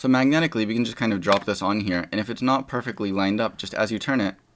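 A magnetic variable ND filter from a Freewell 7-in-1 magnetic lens filter system is dropped onto its base frame and turned to line it up while someone talks. Nothing has seated or clicked yet.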